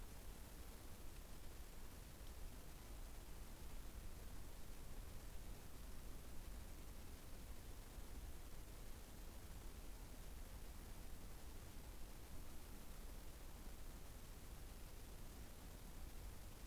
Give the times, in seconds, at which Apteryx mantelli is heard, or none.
none